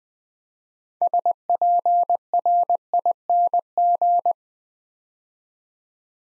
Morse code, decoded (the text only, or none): SPRING